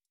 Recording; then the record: hydrophone in a shrimp aquaculture tank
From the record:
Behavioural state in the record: stressed